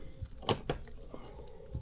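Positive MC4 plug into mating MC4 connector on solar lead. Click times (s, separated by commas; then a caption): 0.5 s. A positive MC4 plug is pushed into its mating MC4 connector on a solar lead, giving a sharp click at 0.5 s, with another short snap at 0.7 s and a faint tap near 1.1 s. The connector clicks in and is confirmed seated.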